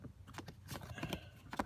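A plastic trim piece from a 2011–2015 Chevy Volt mirror replacement is handled and pressed toward its place in the car door mirror area. Short plastic taps and rattles are heard around 0.4, 1.0, 1.1 and 1.6 seconds. The piece has not seated or clicked in yet.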